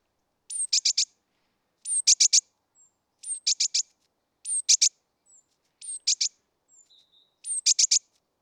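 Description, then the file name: Great tit calls: high thin note leading into quick raspy buzzing triplets, repeated steadily about every one and a half seconds, with faint short notes between. "Parus major"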